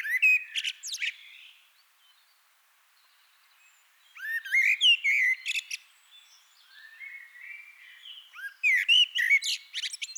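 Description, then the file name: Common blackbird singing three phrases, each a mellow warble ending in loud high twittering, separated by pauses. "Turdus merula"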